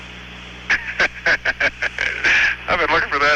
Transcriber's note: laughter